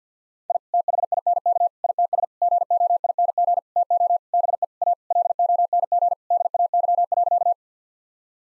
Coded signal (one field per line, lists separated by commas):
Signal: Morse code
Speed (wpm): 50 wpm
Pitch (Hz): 700 Hz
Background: none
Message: I THINK ITS GOING TO BE A LONG DAY.